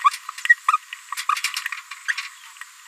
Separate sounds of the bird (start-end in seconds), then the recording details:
0.38-0.41, 0.44-0.56, 0.68-0.77, 1.28-1.40, 1.44-1.49, 1.90-1.94, 2.08-2.28. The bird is a female. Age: 26 days. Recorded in a nest box in Venezuela. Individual 17B73B3